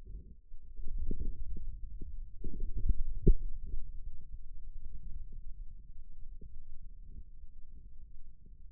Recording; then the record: forearm muscle sounds (acoustic myography)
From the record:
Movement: inward rotation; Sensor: system 2, bracelet of six BSWA MPA416 microphones around the upper forearm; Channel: 1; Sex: male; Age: 22 years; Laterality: right